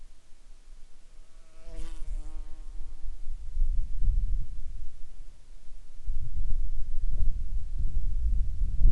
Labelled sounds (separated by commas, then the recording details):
wind, animal
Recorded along the Dempster Highway, Canada, on 2 September 2020 at 16:01
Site 23